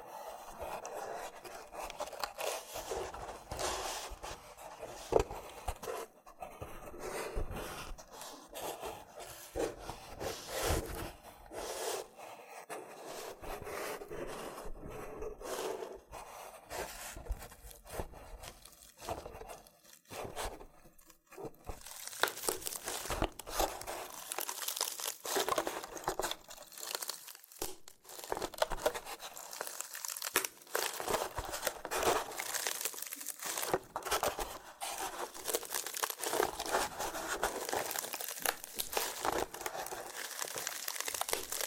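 Loofah triggers: dense, crackly rubbing and crinkling with fast, irregular scratchy textures throughout. The first twenty seconds are softer and patchier, then from about 22 seconds the scraping grows louder, brighter and more continuous, with quick peeling and popping bursts scattered through it.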